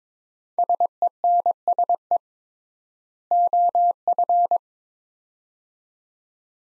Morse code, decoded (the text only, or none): SENSE OF